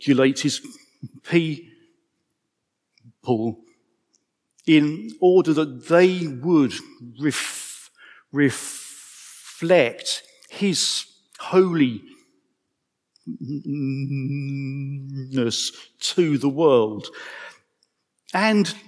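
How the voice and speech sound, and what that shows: A 55-year-old man with a stammer reads aloud with frequent blocks and breaks: sounds stretched up to half a second, a repeated syllable on 're-reflect', and a three-second stall inside 'holiness'. About half of the time is silence. This pattern of repetitions, prolongations and blocks is stuttering.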